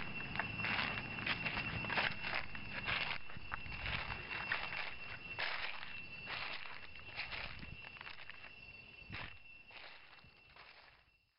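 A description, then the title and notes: Footsteps crunch through large dry leaves on a forest path, a dense run of crisp crackles in an uneven walking rhythm. A steady high insect whine holds through the first half, and a low rumble sits underneath early on. The crunching fades out toward the end. Walking through large dried leaves on a path in the forest around the Angkor Wat temple complex near Siem Reap, Cambodia.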